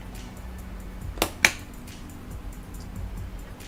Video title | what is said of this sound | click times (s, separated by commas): PC BUILD STREAM - NEW RIG for one of the Crew! Come chill | push it till it clicks ladies and gentlemen | 1.2 s, 1.4 s